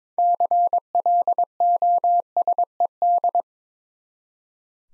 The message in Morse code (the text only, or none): CLOSED